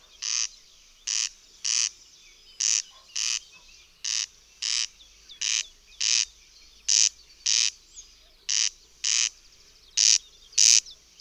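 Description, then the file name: Corn crake giving its dry, rasping double crake, two harsh notes repeated in pairs, steady and insistent. "Derkacz"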